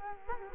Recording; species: mosquito wingbeat signal from an infrared sensor; Culex quinquefasciatus